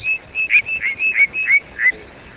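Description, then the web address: Cassin's sparrow song, a series of several clear whistled notes at a steady mid-high pitch, evenly spaced, some with slight upward or downward slurs. "Webb audio Cassin's Sparrow"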